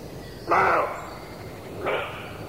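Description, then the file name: Roe deer giving two rough, hoarse barks about a second and a half apart, the first louder and longer than the second, with faint background hiss. Male roe deer (roebuck). "srnec"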